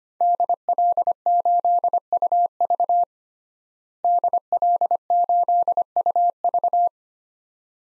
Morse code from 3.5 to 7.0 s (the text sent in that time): DL8UV